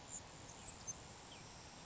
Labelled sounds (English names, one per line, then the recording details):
Grasshopper Sparrow
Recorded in Sonoma County, California